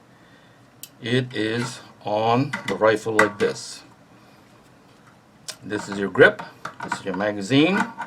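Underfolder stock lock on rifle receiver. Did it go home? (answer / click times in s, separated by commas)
yes / 0.8 s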